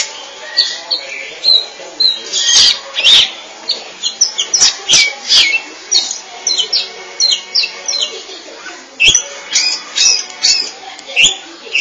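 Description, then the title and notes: Oriental magpie-robin in loud, busy song: quick varied whistled notes and trills repeated in short bursts, mixed with sharp clicking sounds. "Suara Kicauan Burung Kacer Durasi Panjang. Suara kicauan burung kacer format mp3 durasi panjang"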